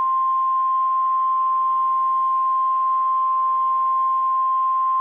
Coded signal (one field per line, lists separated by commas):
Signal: Emergency Alert System (SAME) tones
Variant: 1050 Hz attention tone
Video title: EAS Scenario: Severe Thunderstorm and Tornado Warnings: Kentucky